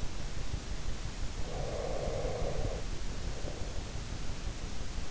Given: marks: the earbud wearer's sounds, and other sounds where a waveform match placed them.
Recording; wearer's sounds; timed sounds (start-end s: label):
sounds in sleep by an in-ear microphone; breath
1.24-3.86 s: breath